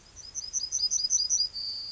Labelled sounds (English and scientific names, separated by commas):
Yellowhammer (Emberiza citrinella) song